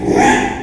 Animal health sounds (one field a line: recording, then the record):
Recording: squeal of a Yucatan mini pig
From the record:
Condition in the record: after surgery on the right vocal fold (resection and tissue-engineered implant)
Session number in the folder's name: 3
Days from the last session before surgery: 33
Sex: male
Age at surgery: 12 weeks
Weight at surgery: 13 kg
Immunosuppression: cyclosporine, prednisolone